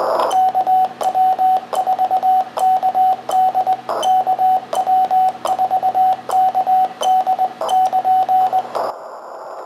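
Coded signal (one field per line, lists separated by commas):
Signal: Morse code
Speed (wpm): 20 wpm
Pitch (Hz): 750 Hz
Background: radio noise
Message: KW4KD KW4KD <KN>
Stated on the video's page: CW from a homebuilt 4-band SDR transceiver using an STM32F411, a Tayloe mixer and an Si5351 carrier oscillator.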